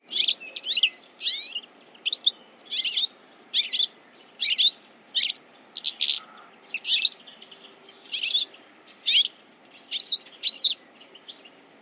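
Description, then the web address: Bird calling: a steady series of sharp, high chirped notes more than one per second, some carrying short level whistles, over a low steady hiss. "Deverinetal. Bird Only"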